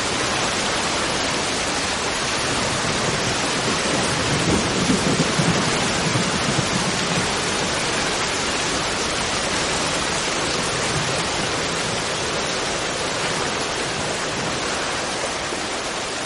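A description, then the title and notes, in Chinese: A thunderstorm brings heavy, steady rain that hisses densely from the low rumble up to the bright top, with no breaks in the downpour. Around four to seven seconds, a soft roll of thunder swells slightly beneath the rain before fading back. 雷雨入眠。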